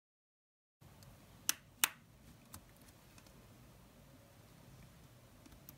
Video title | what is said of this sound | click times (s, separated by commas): AC06 AS06 Asus C202 Acer C740 Lenovo N21 ChromeBook Key Hinge Clip installation guide | Center to key cap over the hinge and once the line pushed down and you should hear it click into place | 1.5 s, 1.8 s